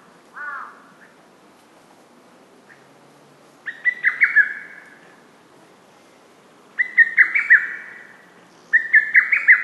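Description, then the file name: Lesser cuckoo song: loud phrases of several quick, sharp notes, given three times with short pauses, over quiet background; a brief softer call opens. "hototogisu"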